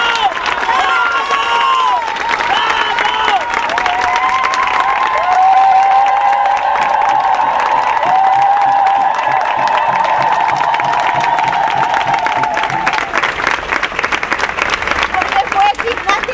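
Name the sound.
crowd applauding and cheering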